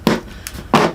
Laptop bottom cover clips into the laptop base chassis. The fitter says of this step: it up and then it uh kind of snaps